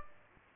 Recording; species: mosquito wingbeat signal from an infrared sensor; Aedes aegypti